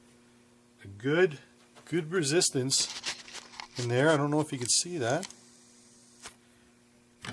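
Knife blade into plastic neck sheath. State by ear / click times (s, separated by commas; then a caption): not seated / none. A knife blade is being worked into a home-formed PVC neck sheath with restricted retention, with good resistance as it goes in, while someone talks over it. A few short, sharp ticks sound right at the end, around 7.2–7.3 seconds, but nothing has clicked or seated yet.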